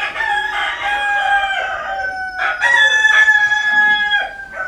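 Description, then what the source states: Chicken: rooster crowing, a drawn-out harmonic crow followed by a second, shorter crow. Rooster recorded at Wintershove.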